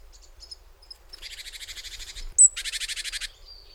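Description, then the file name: Great tit churring call: two dry, buzzy rattles of rapid pulses, introduced by thin high notes and a sharp squeaky note between them. "Parus major"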